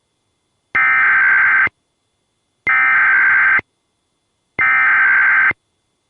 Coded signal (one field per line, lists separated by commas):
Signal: Emergency Alert System (SAME) tones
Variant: header bursts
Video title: EAS 1709: Local Area Emergency for Lee AL